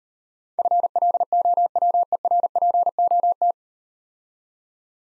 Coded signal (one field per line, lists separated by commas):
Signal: Morse code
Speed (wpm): 40 wpm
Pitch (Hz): 700 Hz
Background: none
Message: FLOWERPOT